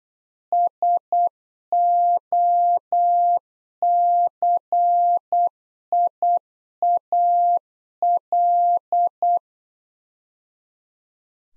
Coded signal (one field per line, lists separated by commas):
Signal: Morse code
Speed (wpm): 8 wpm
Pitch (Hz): 700 Hz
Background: none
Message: SOCIAL